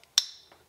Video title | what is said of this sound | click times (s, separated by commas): All About Anderson Connectors -- How to Terminate, How to Disconnect, Grey vs Red Differences etc. | just want that nice click | 0.2 s